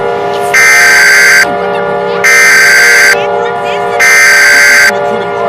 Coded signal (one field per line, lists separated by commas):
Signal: Emergency Alert System (SAME) tones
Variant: header bursts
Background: speech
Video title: EAS Scenario: Trouble In Motown